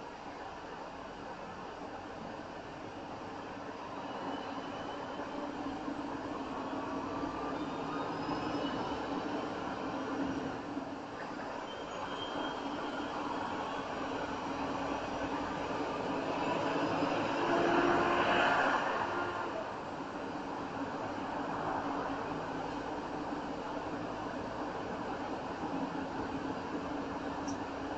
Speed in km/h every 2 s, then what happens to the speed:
24, 24, 27, 32, 37, 39, 39, 40, 44, 47, 47, 50, 53, 55.
3-9 speeds up to 39. 13-28 speeds up to 55.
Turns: none.